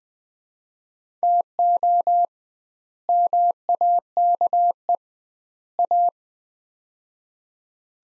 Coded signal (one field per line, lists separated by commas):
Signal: Morse code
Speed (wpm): 20 wpm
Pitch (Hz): 700 Hz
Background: none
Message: TO MAKE A